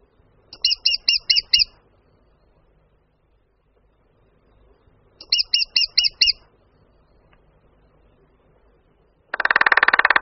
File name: Strakapoud-malý